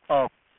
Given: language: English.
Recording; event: throat vibration sensor signal played as sound; speech